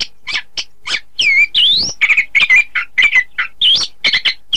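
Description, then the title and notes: Oriental magpie-robin singing a rapid series of whistled phrases, with rising and falling slurs mixed with short chirping notes and brief pauses between bursts. "Kicau Kacer. manukmanukan"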